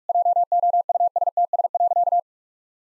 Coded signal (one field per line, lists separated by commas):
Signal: Morse code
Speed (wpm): 46 wpm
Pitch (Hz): 700 Hz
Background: none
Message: JOUSTS.